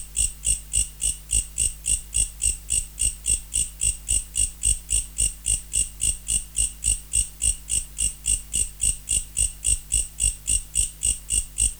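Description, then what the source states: Mecopoda katydid producing a long, regular run of bright ticking chirps, about three and a half per second, steady throughout, low hum underneath. Recorded in November.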